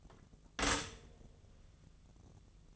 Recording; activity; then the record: daily activity, microphone in the room; stop toaster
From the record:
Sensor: 4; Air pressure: 1001.1 hPa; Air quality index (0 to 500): 168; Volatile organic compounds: 2 ppm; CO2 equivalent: 1223 ppm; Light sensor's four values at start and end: 15/35/15/16 and 16/36/15/16